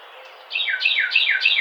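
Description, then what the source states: Carolina wren giving a short run of four fast, bright notes that each slide downward in pitch, starting after a brief quiet moment. Recorded 2009-04-11.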